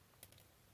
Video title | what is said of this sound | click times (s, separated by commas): Extra long chatty project build | this is the end of the circuit and this is the negative connection it clicked in | 0.2 s